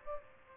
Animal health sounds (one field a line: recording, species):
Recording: mosquito wingbeat signal from an infrared sensor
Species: Aedes aegypti